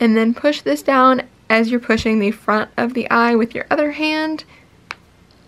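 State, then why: Seated. Someone talks while pushing a second plastic safety eye back down onto the safety eye shank of a crochet bee plushie, holding the front of the eye with the other hand. A sharp click sounds at 4.9 s as the back seats, followed by a faint tick and near silence, and the eye is now on.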